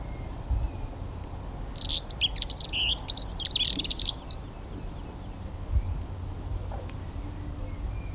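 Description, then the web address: Moltoni's warbler song: a rapid, scratchy chattering burst lasting about two and a half seconds, over steady low rumbling background noise. "canti sterpazzolina moltonii"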